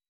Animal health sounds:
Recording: hydrophone in a shrimp aquaculture tank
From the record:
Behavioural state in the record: weakened

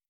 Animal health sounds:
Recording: hydrophone in a shrimp aquaculture tank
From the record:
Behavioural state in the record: feeding

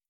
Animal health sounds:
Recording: hydrophone in a shrimp aquaculture tank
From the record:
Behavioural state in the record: starved

